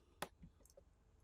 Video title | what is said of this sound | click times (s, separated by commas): Iphone 5c screen replacement made very easy step by step | kind of go over it and then you will hear a snap once it's on there so that one is done | 0.2 s